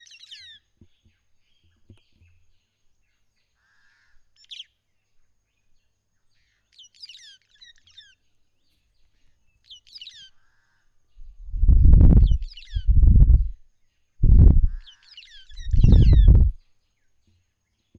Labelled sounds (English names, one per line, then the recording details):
White-headed Buffalo-Weaver
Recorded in northern Uganda